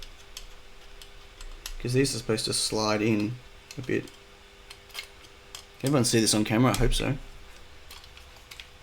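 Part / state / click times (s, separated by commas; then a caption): sliding part locking into its mount on a build / seated / 8.5 s, 8.6 s. A part on a build, loosened slightly, is slid into its mount while someone talks over scattered small ticks and taps. Two sharp ticks at 8.5 and 8.6 seconds mark the part locking in place, an interesting design.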